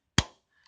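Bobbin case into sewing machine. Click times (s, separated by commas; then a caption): 0.2 s. A bobbin case is pushed back into the hook area of a sewing/embroidery machine and gives a sharp, loud click at 0.2 s, followed by a short decay and a faint tick near 0.7 s. The click means the bobbin is seated in place.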